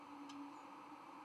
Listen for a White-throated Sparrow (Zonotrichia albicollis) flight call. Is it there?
no